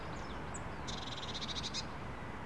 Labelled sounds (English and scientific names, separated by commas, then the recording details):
Eurasian Blue Tit (Cyanistes caeruleus)
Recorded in Germany
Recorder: ecoPi